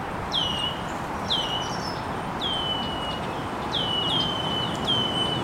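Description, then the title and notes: Birds chirping, a repeated falling whistled note roughly every second, with fainter higher chirps, over steady low hiss. Birds chirping very early in the morning in an estuary. "Birds Chirping in the Early Morning. Original sounds of birds chirping very early in the morning in an estuary"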